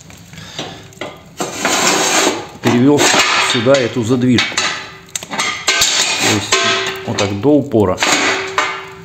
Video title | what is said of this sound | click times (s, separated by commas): доработки отопления для мастерской (подарок от подписчика) #Фсёпро100 | Щелкнуло все. Четко. | 8.6 s